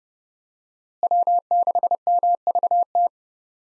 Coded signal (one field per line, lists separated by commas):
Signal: Morse code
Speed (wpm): 30 wpm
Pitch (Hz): 700 Hz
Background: none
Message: W6MVT